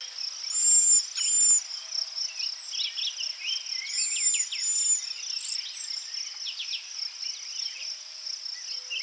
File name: Bombycilla cedrorum - Cedar Waxwing